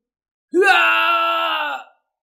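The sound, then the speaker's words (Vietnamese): A single long, anguished scream from a man's voice, rising sharply then held at a strained, steady pitch for over a second before cutting off, loud and alone, as he is struck and his body is shattered in battle. “Diệp Hàm thét dài, lại một lần nữa bị đánh nát người, chân thân gian nan tổ hợp lại, mất đi rất nhiều huyết khí hoàng kim.”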